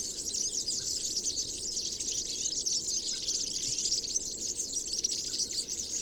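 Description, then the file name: European serin giving a continuous, high, dense jingling twitter without pauses, with low noise underneath. Recorded on 22 January 2017 at Binsham. "Girlitz. Binsham. Susanne Rieck"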